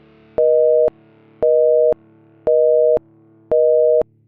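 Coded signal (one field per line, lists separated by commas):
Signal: telephone call progress tone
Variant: North America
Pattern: busy tone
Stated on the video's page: Busy signal, a retro sound from back in the day.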